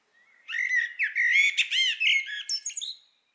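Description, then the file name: Common blackbird single strained phrase of rich warbled notes with squeaky, slightly harsh high overtones, lasting under three seconds. "Turdus merula"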